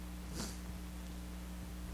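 A single brief, sharp burst of breath noise, a sneeze, over steady low electrical hum.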